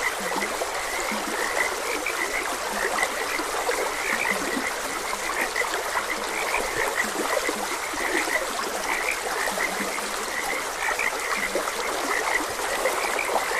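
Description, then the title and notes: Frogs calling together, high clicking croaks mixed with occasional lower short croaks, all over steady running water. Frogs croaking beside a gentle stream. "Gentle Stream and Frogs Croaking. Sleep and Relaxation Podcast"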